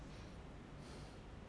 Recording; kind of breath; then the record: one breath in and out by a microphone near the nose and mouth; normal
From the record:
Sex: male